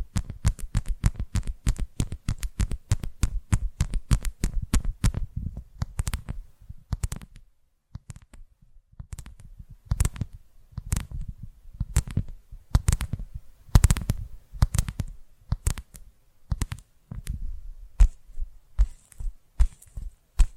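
Rapid tapping fills the recording, sharp clicks in dense runs of roughly five to eight per second for the first seven seconds, then a short silence. After that, the taps come in looser, irregular bursts, some soft and some louder, until the end.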